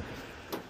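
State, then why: Seated. A 2023 Ford Transit's second rear cargo door is swung open until its hold-open latch on the van body catches and locks, making a sharp click at 0.5 s. The click stands out over a steady low background hum, and the door stays held open.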